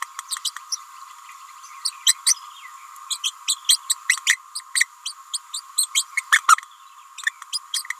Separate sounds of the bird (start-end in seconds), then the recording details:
0.30-0.38, 0.44-0.51, 0.71-0.78, 1.84-1.91, 2.06-2.14, 2.25-2.35, 3.10-3.18, 3.23-3.31, 3.47-3.56, 3.68-3.77, 3.89-3.95, 4.09-4.17, 4.26-4.37, 4.55-4.61, 4.74-4.87, 5.05-5.13, 5.33-5.38, 5.53-5.60, 5.77-5.87, 5.94-6.05, 6.17-6.24, 6.31-6.42, 7.52-7.58, 7.73-7.83. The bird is a female. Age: 29 days. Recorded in a nest box in Venezuela. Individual 17B31A3